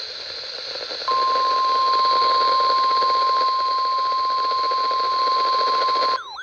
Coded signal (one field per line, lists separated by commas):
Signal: Emergency Alert System (SAME) tones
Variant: 1050 Hz attention tone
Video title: EAS Alerts From 7/9/25: A Compilation (EAS 869-898)